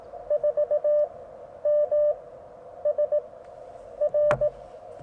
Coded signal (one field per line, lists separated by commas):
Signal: Morse code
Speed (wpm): 20 wpm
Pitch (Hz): 590 Hz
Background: none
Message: 4MSR